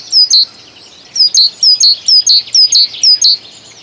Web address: Kurs PTTK Kurs materiały Przyroda Ptaki Bogatka